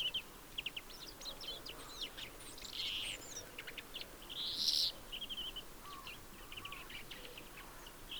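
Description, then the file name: European greenfinch calls: busy twittering chirps and short trills, with a brief louder buzzy burst near the middle and steady low background hiss. "Chloris chloris"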